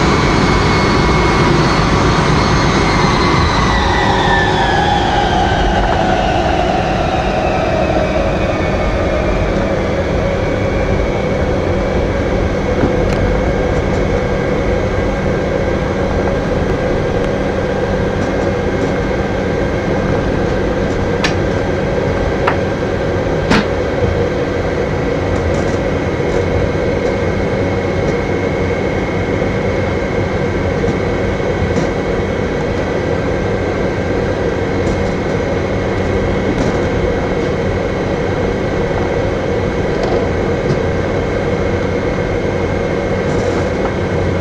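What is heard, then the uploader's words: A JT3D jet engine roars steadily. Over the first ten seconds its whine slides down in pitch, then settles into a constant dense rumble with a fixed mid-pitched hum and a thin high tone. A few faint clicks appear later. Airplane Sound - JT3D/707.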